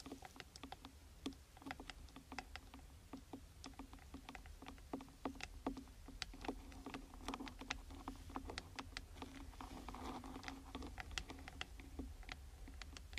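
A rain stick gives off a dense, irregular stream of tiny bright clicks and taps, spilling steadily for the whole clip without a clear pause or rhythm. Beneath the pattering sits a constant low hum and a soft rumble.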